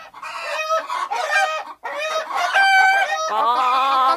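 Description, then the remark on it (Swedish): Shrill, excited cackling of several hens, heard from over by the house, a continuous run of harsh, high-pitched squawks and clucks that overlap in bursts with a brief pause midway, loud throughout. “När det bara var en rad kvar att plantera hördes ett gällt kacklande bortifrån huset.”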